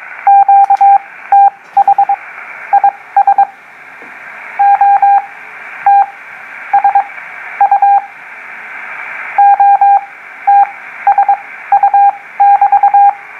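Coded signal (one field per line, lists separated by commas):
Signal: Morse code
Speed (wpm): 22 wpm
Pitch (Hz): 800 Hz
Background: radio noise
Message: QTH IS OTSU OTSU <BT>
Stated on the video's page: CW contact on the 15m band with a HW-101 lacking RIT, answering a CQ; slight transmit drift suspected.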